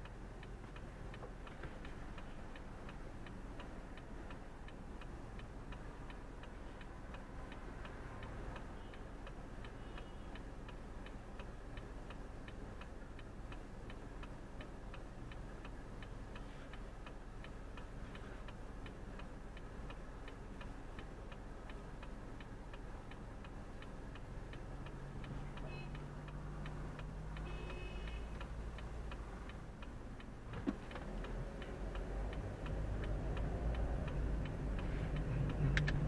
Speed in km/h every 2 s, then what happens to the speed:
0, 0, 0, 0, 0, 0, 0, 0, 0, 0, 0, 0, 0, 0, 0, 2, 13, 17.
0-30 standing. 30-36 pulls away to 17.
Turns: none.